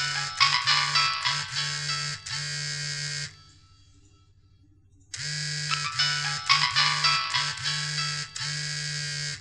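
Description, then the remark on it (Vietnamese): A mobile phone ringtone, left on during a recording round, plays loudly in two long bursts separated by a brief pause, a buzzy electronic tone pulsing in a repeating rhythm, with no one speaking. “vào vòng thu sao lại không tắt chuông điện thoại thế?”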